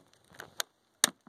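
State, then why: Released. A plastic roof trim piece is pried off the roof rail of a junkyard car until its retaining snap clip lets go. A few small ticks and a sharp crack at 0.6 s lead up to a loud snap pop at 1.0 s, when the clip releases, followed by a faint tick. The roof trim clip snaps loose.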